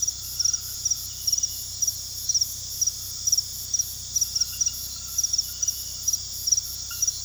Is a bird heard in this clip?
no